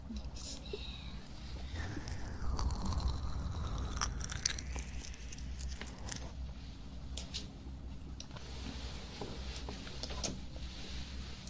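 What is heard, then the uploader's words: Ear cleaning and massage: a steady low rumble with scraping, rubbing sweeps and sharp crackly clicks scattered throughout, densest around two to five seconds. ASMR Ear cleaning & Ear massage.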